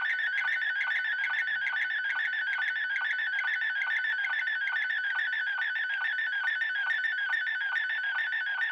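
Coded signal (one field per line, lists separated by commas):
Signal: SSTV (slow-scan television)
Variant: Robot36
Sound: continuous warbling, chirping tone with rapid regular ticks, about seven lines per second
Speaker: we are ready to receive my dad's image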